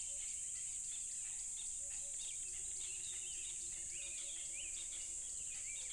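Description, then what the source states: Cricket chorus as a constant piercing high buzz, with scattered bird chirps and faint whistled notes below. Loud crickets by a tropical river.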